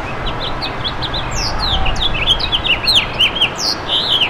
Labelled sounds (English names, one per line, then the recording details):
House Finch song
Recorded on Long Island, New York, on 11 June 2012
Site HB
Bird D